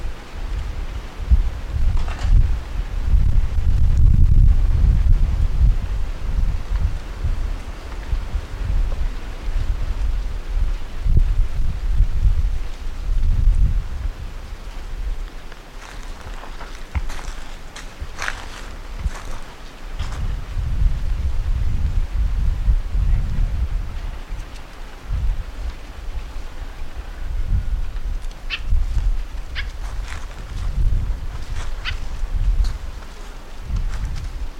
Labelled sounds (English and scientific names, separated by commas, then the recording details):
Cape Verde Warbler (Acrocephalus brevipennis) call
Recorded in the wild
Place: S. Jorge dos Orgaos, Kapverdische Inseln, CV
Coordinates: 15.06, -23.62
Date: 1995-01-21 12:10
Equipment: Sony WM-D6C, Sennheiser ME 66, Kopie Revox C 270
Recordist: Fischer, Stefan